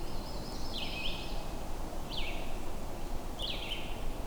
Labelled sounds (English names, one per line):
Red-eyed Vireo song